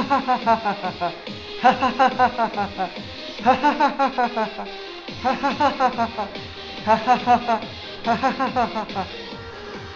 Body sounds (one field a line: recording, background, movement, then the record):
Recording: laughter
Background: music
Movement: sitting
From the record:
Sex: male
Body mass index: 20.6 kg/m2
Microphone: on the chest, facing outward